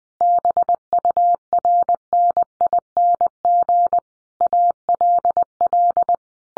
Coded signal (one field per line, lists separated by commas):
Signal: Morse code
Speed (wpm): 20 wpm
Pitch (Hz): 700 Hz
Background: none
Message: BURNING ALL